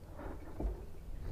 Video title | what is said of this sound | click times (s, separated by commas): Reloading rifle ammunition: a concise guide | all right and then you just want to push it forward and you will feel it click and bottom out | 0.6 s